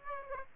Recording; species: mosquito wingbeat signal from an infrared sensor; Aedes aegypti